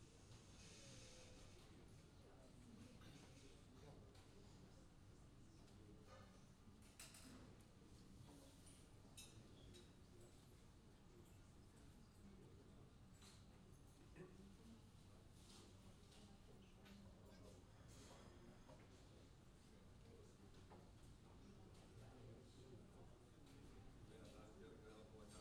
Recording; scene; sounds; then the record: everyday scene through a hearing-aid microphone; many people talking; many voices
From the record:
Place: university cafeteria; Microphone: in the ear canal, left